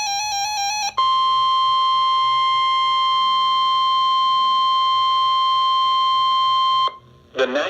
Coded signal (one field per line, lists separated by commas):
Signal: Emergency Alert System (SAME) tones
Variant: 1050 Hz attention tone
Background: music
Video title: River Flood Warning - 04/27/19 (EAS #81)